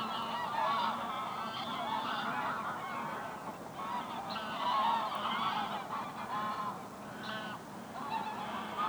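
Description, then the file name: Goose: geese keep up an unbroken clamor of honks and cackles, a crowded chorus with brief louder surges. Geese resting on the ice at the Hondenhemeltje in Venhuizen. "Ganzen rusten op het ijs bij het hondenhemeltje in venhuizen - De Auditieve Dienst"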